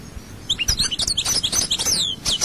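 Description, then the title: European goldfinch song, a rapid jumble of bright twittering notes and tinkling trills after a brief quiet start. "Chant Chardonneret"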